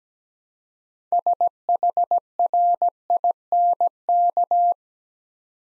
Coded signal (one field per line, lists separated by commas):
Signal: Morse code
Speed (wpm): 17 wpm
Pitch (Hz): 700 Hz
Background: none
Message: SHRINK